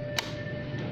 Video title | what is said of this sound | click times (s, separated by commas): Cách sử dụng máy Juki misin 7000- máy may Lan Hương | Mình xoay cho nó khớp với cái khuyết, mình ấn kêu cái tách. | 0.2 s